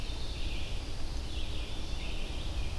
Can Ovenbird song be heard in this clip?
no